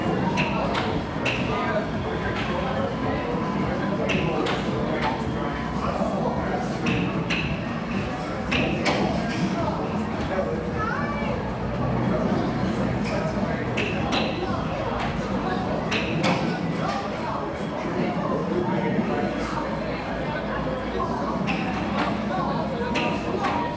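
A busy gaming arcade hums with a dense, constant wash of voices and machine noise that never lets up. Short bright pings and clicks pop out every second or so, with a quick rising electronic chirp near the twelfth second.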